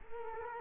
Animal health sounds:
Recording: mosquito wingbeat signal from an infrared sensor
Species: Culex quinquefasciatus

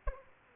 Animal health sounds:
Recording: mosquito wingbeat signal from an infrared sensor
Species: Aedes aegypti

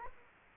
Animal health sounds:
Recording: mosquito wingbeat signal from an infrared sensor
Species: Culex quinquefasciatus

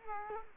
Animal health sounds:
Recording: mosquito wingbeat signal from an infrared sensor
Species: Culex quinquefasciatus

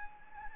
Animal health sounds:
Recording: mosquito wingbeat signal from an infrared sensor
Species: Anopheles gambiae

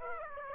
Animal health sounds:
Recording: mosquito wingbeat signal from an infrared sensor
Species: Aedes aegypti

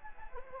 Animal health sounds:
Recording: mosquito wingbeat signal from an infrared sensor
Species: Anopheles gambiae

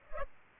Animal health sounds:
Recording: mosquito wingbeat signal from an infrared sensor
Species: Culex pipiens

